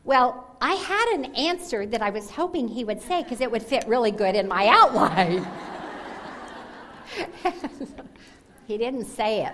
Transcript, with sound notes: Well, I had an answer that I was hoping he would say because it would fit really good in my outline, (laughter) but he didn’t say it.